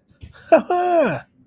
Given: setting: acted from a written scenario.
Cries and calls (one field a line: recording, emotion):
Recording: vocal sound without words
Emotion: positive surprise